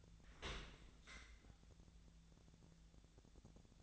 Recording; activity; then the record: daily activity, microphone in the room; open dishwasher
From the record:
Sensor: 3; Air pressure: 1000.5 hPa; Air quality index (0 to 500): 174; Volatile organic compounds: 3 ppm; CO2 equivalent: 1505 ppm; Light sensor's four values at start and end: 16/41/17/18 and 16/41/17/18